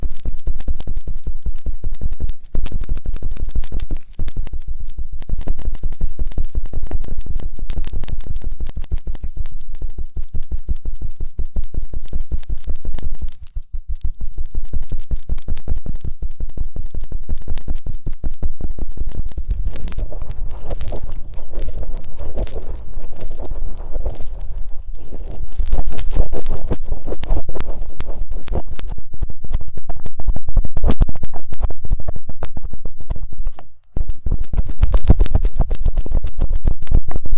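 Ear cleaning massage with dense, rapid scratching and rubbing that crackles almost continuously across low to bright tones. The texture stays busy throughout, briefly dropping out around 13 and 34 seconds, with a fuller, rougher stretch from about 20 to 31 seconds.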